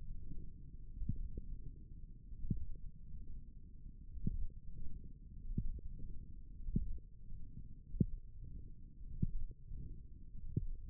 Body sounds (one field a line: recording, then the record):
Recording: forearm muscle sounds (acoustic myography)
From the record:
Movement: wrist flexion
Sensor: system 1, eight BSWA MPA416 microphones around the upper forearm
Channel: 1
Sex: male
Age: 23 years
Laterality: right